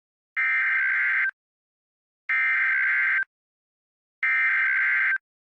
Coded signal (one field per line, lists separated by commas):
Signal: Emergency Alert System (SAME) tones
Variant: header bursts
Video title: EAS Scenario:TWISTER CHAOS! (Part 1)